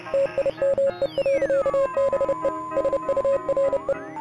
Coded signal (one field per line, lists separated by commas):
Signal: Morse code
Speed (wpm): 30 wpm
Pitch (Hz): 550 Hz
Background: music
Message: TIME. BE SURE